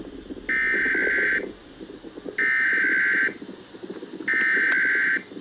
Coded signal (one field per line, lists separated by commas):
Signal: Emergency Alert System (SAME) tones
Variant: header bursts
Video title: Emergency Alert Scenario | First Tornado